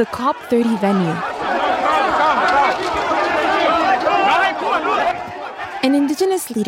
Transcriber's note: sounds of protest